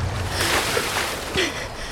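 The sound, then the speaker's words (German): Water splashes and churns in two broad, rushing surges as a woman pulls her head out of salt water, over a steady wash of waves and wind, with no voices. “Dann reißt sie ihren Kopf aus dem Wasser.”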